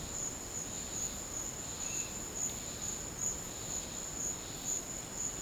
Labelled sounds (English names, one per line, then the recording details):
none
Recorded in dense forest near Puerto Asís, Putumayo, Colombia, on 12 March 2025 at 14:00
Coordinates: 0.500, -76.322
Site GP06